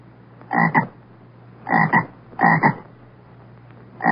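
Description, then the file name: Frog croaks, each a short double-pulsed rasp, given in four bursts spaced roughly a second apart over a faint steady low hum. "zaba"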